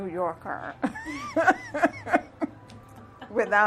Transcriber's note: laughter